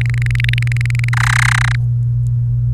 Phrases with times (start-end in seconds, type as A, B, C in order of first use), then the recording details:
0.01-1.09 A, 1.13-1.75 B. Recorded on 28 April 2018 at 07:22. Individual llb3